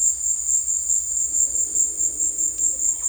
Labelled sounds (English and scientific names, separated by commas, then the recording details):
none
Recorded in dense forest near Puerto Asís, Putumayo, Colombia, on 22 December 2024 at 16:00
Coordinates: 0.485, -76.318
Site GP03